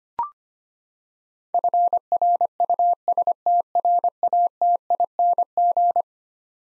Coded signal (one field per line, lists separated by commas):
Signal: Morse code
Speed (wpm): 25 wpm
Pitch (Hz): 700 Hz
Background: none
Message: FRUSTRATING